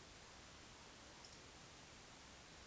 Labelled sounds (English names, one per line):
Eurasian Woodcock whistle